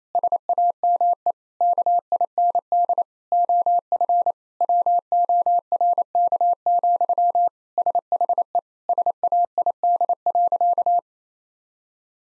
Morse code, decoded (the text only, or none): SAME KIND OF WORK, SHE SAID.